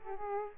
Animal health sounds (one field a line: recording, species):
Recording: mosquito wingbeat signal from an infrared sensor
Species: Aedes aegypti